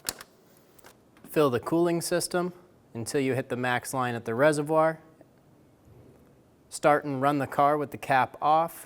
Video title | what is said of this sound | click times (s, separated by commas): How to replace Engine Water Pump 2012-2020 Chevrolet Sonic | if you don't hear a click give it a pull make sure it's locked on and then close the lock | 0.1 s